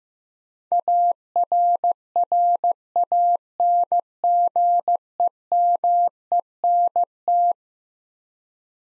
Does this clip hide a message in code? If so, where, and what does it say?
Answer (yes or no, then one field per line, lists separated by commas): yes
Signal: Morse code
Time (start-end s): 0.7-7.5 s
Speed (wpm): 15 wpm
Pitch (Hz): 700 Hz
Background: none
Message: ARRANGEMENT